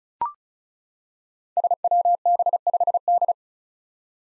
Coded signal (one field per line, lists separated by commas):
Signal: Morse code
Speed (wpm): 36 wpm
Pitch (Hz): 700 Hz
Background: none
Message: SWB5D